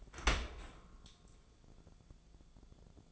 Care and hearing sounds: daily activity, microphone in the room; open dishwasher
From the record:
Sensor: 5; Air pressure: 1000.6 hPa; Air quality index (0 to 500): 155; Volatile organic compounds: 2 ppm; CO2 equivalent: 1189 ppm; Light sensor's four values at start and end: 46/105/45/49 and 46/105/45/49

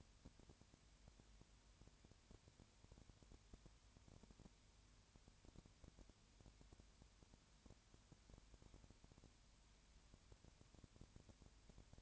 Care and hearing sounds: daily activity, microphone in the room; no activity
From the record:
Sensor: 2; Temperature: 20.4 degrees Celsius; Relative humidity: 35.6%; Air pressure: 1007.1 hPa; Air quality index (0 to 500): 122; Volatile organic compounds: 2 ppm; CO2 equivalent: 1254 ppm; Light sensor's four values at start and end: 2/3/2/2 and 2/3/2/2

